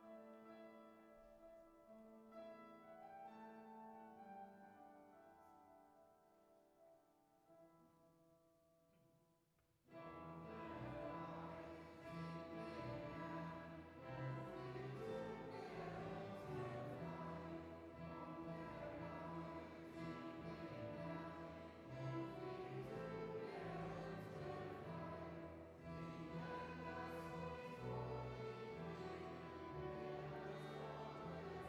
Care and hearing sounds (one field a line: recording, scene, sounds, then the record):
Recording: everyday scene through a hearing-aid microphone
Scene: reverberant space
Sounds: music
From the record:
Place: church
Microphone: behind the ear, left, front